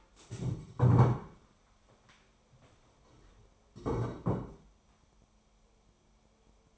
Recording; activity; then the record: daily activity, microphone in the room; stand up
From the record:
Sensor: 1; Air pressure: 1015.2 hPa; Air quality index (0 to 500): 192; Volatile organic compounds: 20 ppm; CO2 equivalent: 2687 ppm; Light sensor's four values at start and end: 12/30/12/13 and 12/29/12/13